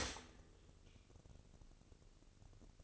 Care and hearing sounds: daily activity, microphone in the room; stop toaster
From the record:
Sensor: 4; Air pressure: 1008.1 hPa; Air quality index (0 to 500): 108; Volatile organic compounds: 1 ppm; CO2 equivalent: 798 ppm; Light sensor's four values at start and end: 8/19/7/8 and 9/19/7/8

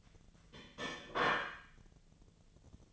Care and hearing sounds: daily activity, microphone in the room; place plate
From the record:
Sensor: 4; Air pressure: 1010.3 hPa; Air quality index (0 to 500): 180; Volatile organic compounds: 5 ppm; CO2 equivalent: 1826 ppm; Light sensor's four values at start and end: 31/92/36/35 and 31/91/36/35

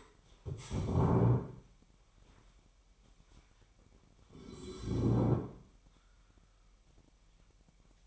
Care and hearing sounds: daily activity, microphone in the room; stand up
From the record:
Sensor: 1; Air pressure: 998.5 hPa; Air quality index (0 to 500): 119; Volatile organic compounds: 3 ppm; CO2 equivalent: 1416 ppm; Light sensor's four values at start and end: 8/19/8/9 and 8/19/8/9

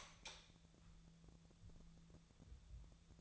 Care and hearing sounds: daily activity, microphone in the room; light on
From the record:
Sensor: 3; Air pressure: 1000.0 hPa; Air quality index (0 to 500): 125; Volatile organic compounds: 2 ppm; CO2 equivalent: 1115 ppm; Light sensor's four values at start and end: 37/94/40/44 and 40/103/44/47

